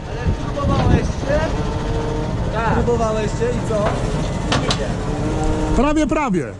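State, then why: Seated. A locking latch on an agricultural machine at a farm machinery show, which had caught on one side but not the other, snaps home on the second side at 4.5 s with a sharp click. Someone talks throughout over a background hum of vehicles and engines. The latch is seated.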